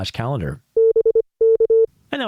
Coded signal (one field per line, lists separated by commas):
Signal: Morse code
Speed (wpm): 25 wpm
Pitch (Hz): 450 Hz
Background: speech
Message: B K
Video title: Amateur Radio News and Notes 9/19/2025